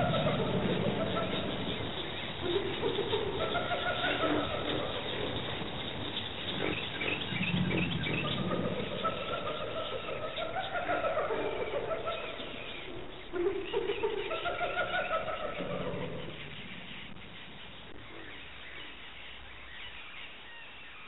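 A wild animal chorus with hyena-like calls: drawn-out, rising and falling voiced cries repeat every few seconds over a dense bed of chatter and bird chirps. The sound is muffled, lacking brightness, and grows quieter over the last few seconds.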